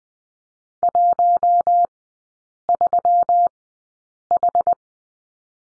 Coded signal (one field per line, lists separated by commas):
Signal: Morse code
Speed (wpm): 20 wpm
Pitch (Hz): 700 Hz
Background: none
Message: 13H